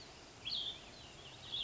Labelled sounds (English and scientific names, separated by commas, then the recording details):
Cassin's Vireo (Vireo cassinii)
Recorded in Sonoma County, California